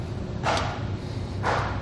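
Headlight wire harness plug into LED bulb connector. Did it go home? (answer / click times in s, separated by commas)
no / none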